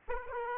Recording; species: mosquito wingbeat signal from an infrared sensor; Aedes aegypti